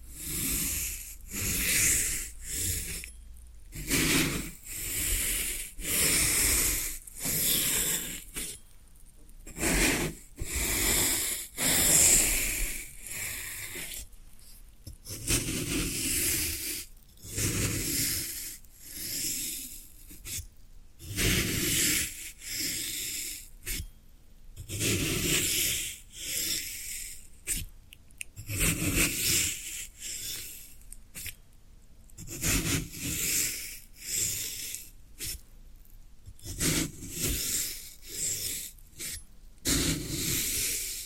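Floral foam being worked by hand, heard as a long series of crisp, airy crunching and rubbing bursts. Each lasts about a second and is separated by short silences, repeating at a fairly steady pace throughout, with bright hissy edges and a soft low thud underneath.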